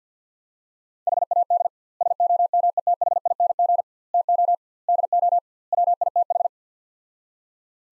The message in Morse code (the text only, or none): HAD SOMETHING TO DO WITH